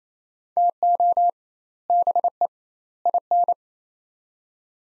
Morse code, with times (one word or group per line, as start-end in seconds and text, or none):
0.6-1.3 TO
1.9-2.5 BE
3.1-3.5 IN